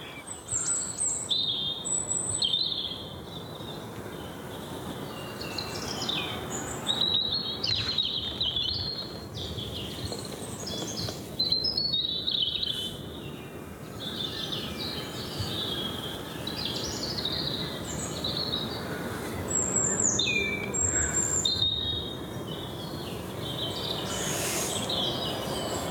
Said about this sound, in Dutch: En hey, tikken de roodbos nu ook? Ja. Zingend en alarmerend. Zingend en alarmerend. Hij vindt ons eng. Dat zijn we niet, dus grappig, want je hoort er één en dan nog één en dan nog één. En ineens klinken overal roodbosjes.